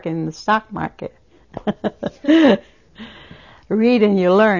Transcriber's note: she laughs